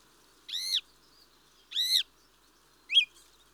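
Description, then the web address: Mistle thrush giving harsh, rasping churring calls, three short bursts spaced about a second apart, the last one brief and sharper. "BBC Sound Effects Library Birds Mistle Thrush (Turdus Viscivorus)"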